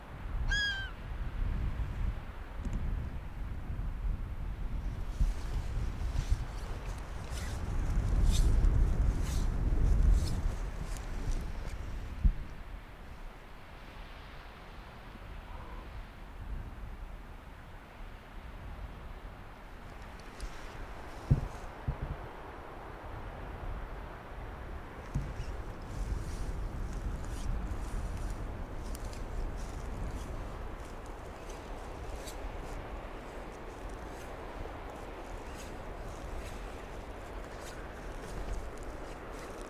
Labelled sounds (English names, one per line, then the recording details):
Arctic Fox
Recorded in the wild
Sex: male
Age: adult
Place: Insel Mednyi, Kommandeur-Inseln, RU
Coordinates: 54.5167, 168.083
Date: 1999-06-22 18:45
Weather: Nebel, 4°C, z.T. starker Wind
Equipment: Sony WM-D6C, Sennheiser ME 80, Windkorb, Kopie Sony TCD-D8
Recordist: Frommolt, Karl-Heinz